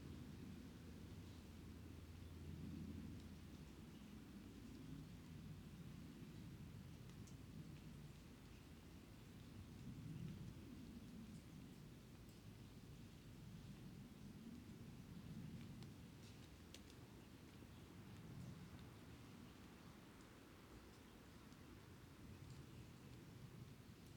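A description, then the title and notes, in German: An evening outside a fox den: a steady, dense low rumble throughout, with faint scattered ticks and crackles in the middle stretch. Ein Abend vor dem Fuchsbau (Kopfhörerfassung). Dieses Mal war ich mit dem Kunstkopf angerückt.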